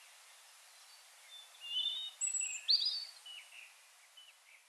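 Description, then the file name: European robin song phrase of thin, high sliding whistles and a short tinkling flourish over steady background hiss. "Erithacus rubecula"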